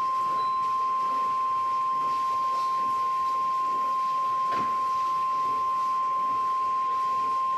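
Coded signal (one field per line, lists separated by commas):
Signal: Emergency Alert System (SAME) tones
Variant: 1050 Hz attention tone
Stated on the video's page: Live stream of a severe thunderstorm warning from NOAA weather radio station WXK85.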